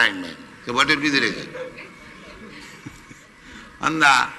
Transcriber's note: light laughter from audience